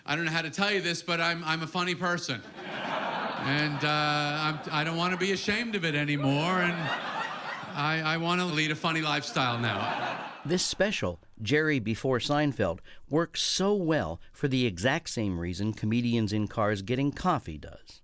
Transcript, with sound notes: I don't know how to tell you this, but I'm a funny person.
(LAUGHTER)
And I don't want to be ashamed of it any more.
(LAUGHTER)
And I want to lead a funny lifestyle now.
(LAUGHTER)
This special, "Jerry Before Seinfeld," works so well for the exact same reason "Comedians In Cars Getting Coffee" does.